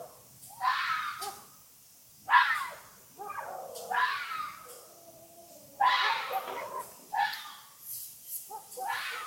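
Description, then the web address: Fox giving hoarse, rasping scream-like calls at irregular intervals, several loud bursts with softer grating noises in between. "animals fox fox"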